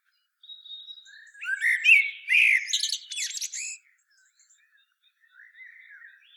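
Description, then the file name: Common blackbird sings one melodious phrase that climbs into a buzzy, scratchy twitter, followed by soft quiet notes. "Turdus merula"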